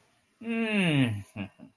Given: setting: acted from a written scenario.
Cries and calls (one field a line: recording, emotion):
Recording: vocal sound without words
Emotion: serenity